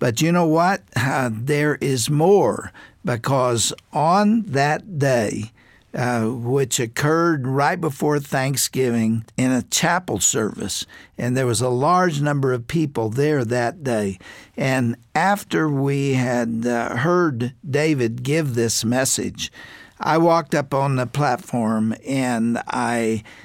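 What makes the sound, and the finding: Adult male radio program host. Typical speech.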